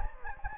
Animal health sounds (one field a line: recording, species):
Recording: mosquito wingbeat signal from an infrared sensor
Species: Anopheles gambiae